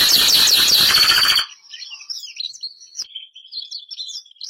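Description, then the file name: Canary (Bernois): canary: a loud rapid rolling trill for over a second, then quieter twittering and scratchy warbling notes. Bernois breed canary. "canto do canario bernois"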